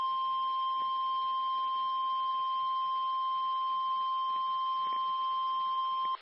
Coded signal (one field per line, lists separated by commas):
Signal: Emergency Alert System (SAME) tones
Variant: 1050 Hz attention tone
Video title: Tornado Emergency (Shelby, Talladega Counties, AL) (3/25/21) [EAS #66]